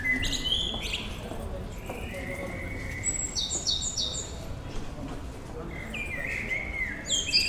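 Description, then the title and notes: Blackbird delivering mellow warbled phrases mixed with high, thin squeaky flourishes, with short pauses between bursts. A low hum continues throughout. Evening song in Bonn old town, Germany, May 2003. "bonn altstadt, amsel - abendstimmung, mai 2003. Amsel am Abend, Bonn 2003."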